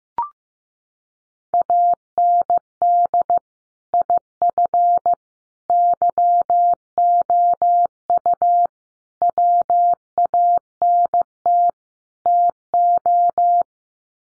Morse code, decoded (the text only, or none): AND IF YOU WANT TO